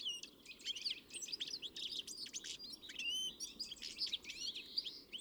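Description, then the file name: European greenfinch calls, a busy mix of twittering chirps and nasal buzzy notes over a steady low background hiss. "Chloris chloris"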